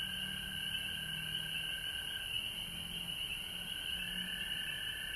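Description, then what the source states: Frog chorus, a steady shrill trilling wash with a lower band of calls, plus a faint low humming tone coming and going. Frogs calling at home in Georgia, recorded March 19, 2020.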